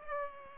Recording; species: mosquito wingbeat signal from an infrared sensor; Culex pipiens